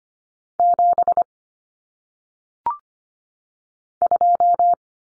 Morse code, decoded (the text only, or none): 7 2